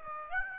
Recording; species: mosquito wingbeat signal from an infrared sensor; Aedes aegypti